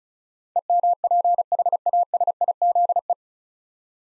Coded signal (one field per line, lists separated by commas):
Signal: Morse code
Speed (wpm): 36 wpm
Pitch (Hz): 700 Hz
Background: none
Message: EMPHASIZE